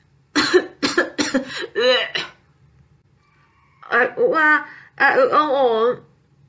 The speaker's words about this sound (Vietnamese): May mà mùi thối này cuối cùng cũng có hiệu quả, Chưa đến 3 giây sau, đã thấy Bạch Ngọc Đường lăn mình ngồi thẳng dậy, nôn ọe, ho khan một trận.